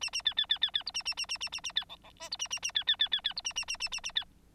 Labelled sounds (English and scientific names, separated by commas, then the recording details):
Bengalese Finch (Lonchura striata domestica) song
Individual Bird9